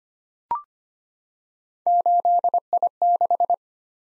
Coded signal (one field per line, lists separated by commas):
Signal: Morse code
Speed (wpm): 25 wpm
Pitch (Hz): 700 Hz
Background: none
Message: 8I6